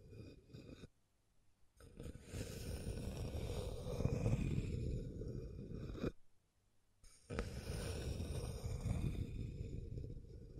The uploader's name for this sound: Scratching & Tracing